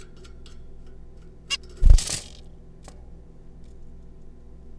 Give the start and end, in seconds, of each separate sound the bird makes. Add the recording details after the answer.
1.50-1.57. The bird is a juvenile. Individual R3549